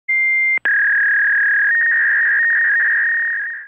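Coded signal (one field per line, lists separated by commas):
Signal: fax machine handshake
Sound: a half-second steady high tone, a short break, then a buzzing warbling tone trilling between two pitches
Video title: Fax Machine Sound effect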